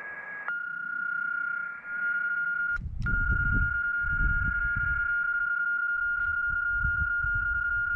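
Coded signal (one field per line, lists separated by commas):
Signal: PSK31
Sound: steady pure whistle around 1.4 kHz held for eight seconds over low rumbling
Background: wind and handling noise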